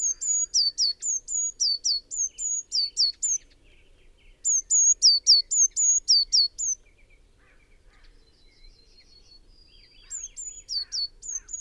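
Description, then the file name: Eurasian blue tit with three bursts of rapid, high, descending notes, separated by quiet gaps holding faint twittering. "Cyanistes caeruleus"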